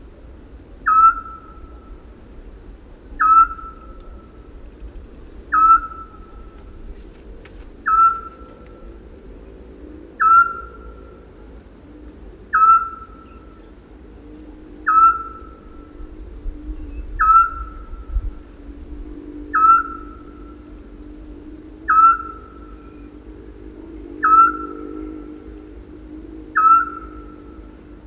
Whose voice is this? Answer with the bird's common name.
Eurasian Scops Owl